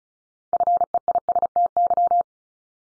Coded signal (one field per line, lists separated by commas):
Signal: Morse code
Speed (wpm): 36 wpm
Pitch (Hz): 700 Hz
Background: none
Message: FEISTY